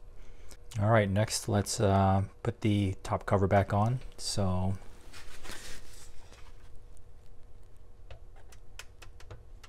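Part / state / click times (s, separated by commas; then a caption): plastic top cover onto a desktop computer case base / not seated / none. Someone talks while the plastic top cover of a Macintosh LC is lined up and its front is hooked onto the desktop computer case base, before the back is pushed down to latch it. After the talking, quiet handling noises follow, with a few light taps near the end. Nothing has seated or clicked yet.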